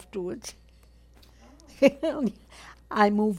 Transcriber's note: laughs